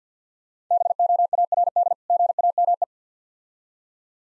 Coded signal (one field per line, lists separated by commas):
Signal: Morse code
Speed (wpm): 48 wpm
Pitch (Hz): 700 Hz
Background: none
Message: BOARD GAME